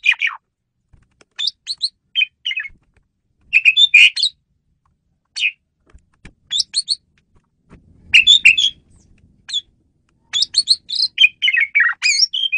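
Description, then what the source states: Asian pied starling chattering calls, high squeaky and whistled notes in quick clusters separated by pauses, with a soft thud near the eighth second. Female bird, used as a lure (pemikat) bird.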